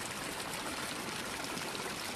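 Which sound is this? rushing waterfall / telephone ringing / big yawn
rushing waterfall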